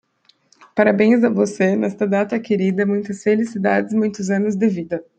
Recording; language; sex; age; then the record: short text; Brazilian Portuguese; female; 20 to 29 years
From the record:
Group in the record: control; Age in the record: 23 years